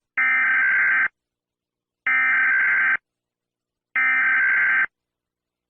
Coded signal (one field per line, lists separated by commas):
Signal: Emergency Alert System (SAME) tones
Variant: header bursts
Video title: New England EAS icbm missile attack